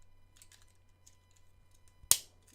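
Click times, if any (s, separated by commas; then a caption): 2.1 s. A small plastic drone piece is pressed back onto a 1:64 die-cast toy car for the wind tunnel. A few faint ticks of handling are followed by one loud, sharp snap at 2.1 s as it seats. The attachment snaps firmly into place.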